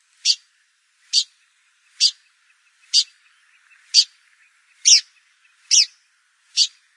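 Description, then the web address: Blyth's pipit calls: short, sharp high notes repeated steadily about once a second, eight in all, with faint chirps between. "blyth s pipit bird call"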